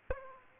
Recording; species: mosquito wingbeat signal from an infrared sensor; Aedes aegypti